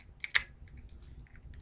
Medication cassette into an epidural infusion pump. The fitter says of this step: then it should make a click sound when it's been properly reinstalled.